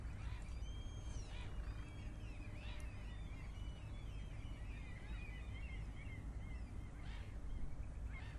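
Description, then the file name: Birds calling: clear whistled and arched notes, some sliding up and down, interspersed with brief raspy calls, over a low continuous rumble. "vogels"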